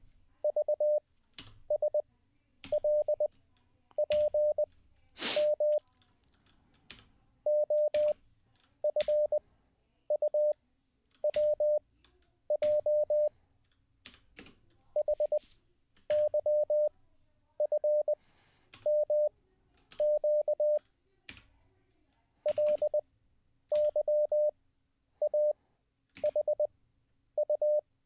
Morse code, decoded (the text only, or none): VSLPM OFUWJ HYFMQ LYAHU